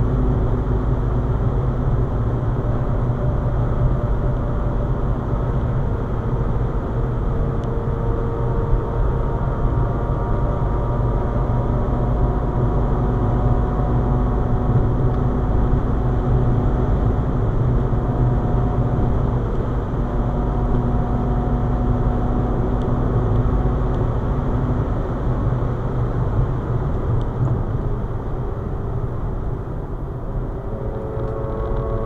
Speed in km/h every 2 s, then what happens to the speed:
175, 172, 168, 167, 171, 175, 178, 178, 176, 174, 178, 181, 172, 148, 126, 128.
0-6 slows to 167. 6-22 speeds up to 181. 22-28 brakes to 126.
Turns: none.